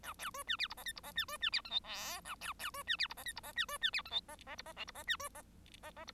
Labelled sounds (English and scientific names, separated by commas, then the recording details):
Bengalese Finch (Lonchura striata domestica) song
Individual Bird1